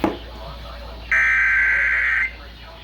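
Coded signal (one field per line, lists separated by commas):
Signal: Emergency Alert System (SAME) tones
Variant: header bursts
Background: speech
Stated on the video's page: Emergency Alert System alerts, part of a run of 22 catches in one day.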